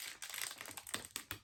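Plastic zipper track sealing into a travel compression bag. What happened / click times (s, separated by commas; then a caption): The plastic press-seal track snapped shut / 1.2 s, 1.3 s. A plastic press-seal zipper track on a travel compression bag is pressed closed along its length, with crinkling plastic and sharp, short snaps at 1.2 s and 1.3 s. The snapping confirms the zipper has sealed and the bag is really closed before the air is rolled out.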